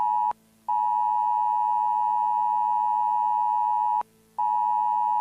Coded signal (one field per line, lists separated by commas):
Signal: Emergency Alert System (SAME) tones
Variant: 853 and 960 Hz attention tone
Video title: EAS SCENARIO | the North Korea Nuclear Strikes (2009) #EAS